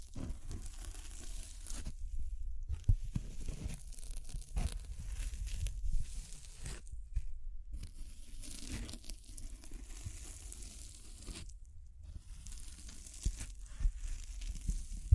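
Crinkling, scratching and brushing sounds run in dense, uneven bursts with occasional taps, broken by brief quiet gaps near 2, 7 and 12 seconds.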